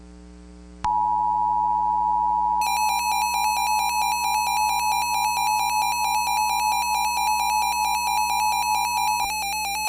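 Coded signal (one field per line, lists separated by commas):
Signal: Emergency Alert System (SAME) tones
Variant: 853 and 960 Hz attention tone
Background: music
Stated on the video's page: Fictional EAS scenario.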